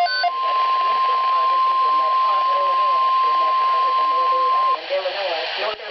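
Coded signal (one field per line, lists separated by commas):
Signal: Emergency Alert System (SAME) tones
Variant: 1050 Hz attention tone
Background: speech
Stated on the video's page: Recorded on a high-risk severe weather day.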